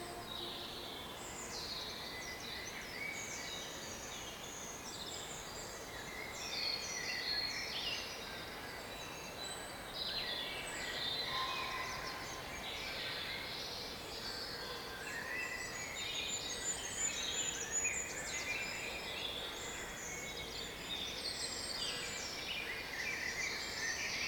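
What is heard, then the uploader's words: A dawn chorus on a heath: many birds singing at once in a dense, steady tangle of bright chirps and trills over a soft low hush. A dawn chorus recorded at Kelling Heath in North Norfolk. Sharon sanderson - field recordings.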